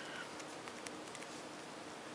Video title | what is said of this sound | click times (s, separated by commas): Incipio DualPro Case Review for HTC One | just press on this other side snaps into place and you | 0.7 s, 0.9 s